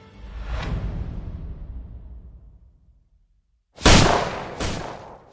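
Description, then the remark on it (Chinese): A sharp gunshot rings out and its echo decays slowly over a few seconds. After a short silence, a second loud crack hits with a bright snap and a quicker ringing tail as a bullet strikes a veranda pillar, the shot echoing all around, in Shanghai on New Year's Eve. “又一颗子弹打在廊柱上，枪声四下回响，在周围绝不低调。”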